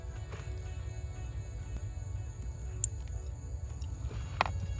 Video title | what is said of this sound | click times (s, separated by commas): Part 5: H22 Prelude Engine Swap Into a 90-93 Honda Accord - VTEC Wiring | okay i heard it click into place we | 2.8 s